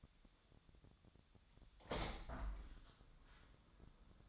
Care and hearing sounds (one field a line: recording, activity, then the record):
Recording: daily activity, microphone in the room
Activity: open window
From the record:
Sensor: 3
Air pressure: 1004.6 hPa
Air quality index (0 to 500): 81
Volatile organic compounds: 2 ppm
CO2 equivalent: 1228 ppm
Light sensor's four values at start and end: 7/16/6/6 and 7/17/7/6